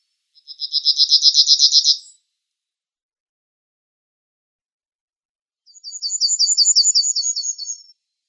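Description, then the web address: Yellowhammer song: two rapid high trills, each about two seconds long and several seconds apart, neither ending in a drawn-out note. "Schulze Peter Yellowhammer song"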